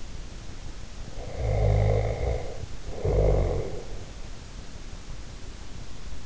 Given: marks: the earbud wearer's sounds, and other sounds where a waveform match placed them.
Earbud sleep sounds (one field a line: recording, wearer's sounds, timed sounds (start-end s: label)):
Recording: sounds in sleep by an in-ear microphone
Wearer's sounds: snoring breath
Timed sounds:
1.20-4.06 s: snoring breath